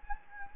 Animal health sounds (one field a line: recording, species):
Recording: mosquito wingbeat signal from an infrared sensor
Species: Anopheles gambiae